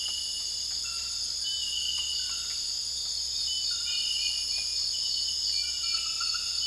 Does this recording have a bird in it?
no